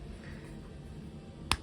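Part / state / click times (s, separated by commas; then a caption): plastic forearm part into the arm joint of a snap-fit model figure / seated / 1.5 s. A plastic forearm piece from a snap-together Transformers G1 Blokees figure kit is pushed onto the model's arm joint. After a low steady background, a single sharp click is heard at 1.5 s. The forearm has clicked into place.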